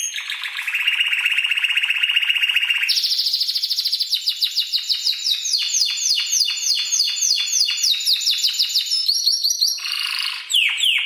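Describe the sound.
Canary song beginning with a low buzzing roll, then a long series of rapid sweeping notes and trills, closing with another low rattle and quick chirps.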